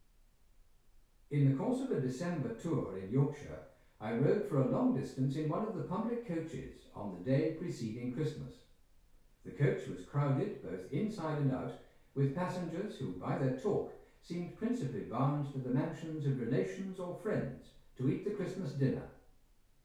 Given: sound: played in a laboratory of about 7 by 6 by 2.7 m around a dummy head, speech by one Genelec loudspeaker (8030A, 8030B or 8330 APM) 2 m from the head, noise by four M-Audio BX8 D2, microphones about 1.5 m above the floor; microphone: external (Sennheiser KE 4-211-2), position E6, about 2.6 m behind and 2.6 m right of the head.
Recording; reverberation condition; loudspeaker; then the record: male speech in English; medium; behind (180 degrees)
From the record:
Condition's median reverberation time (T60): about 510 ms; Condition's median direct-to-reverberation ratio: about -0.5 dB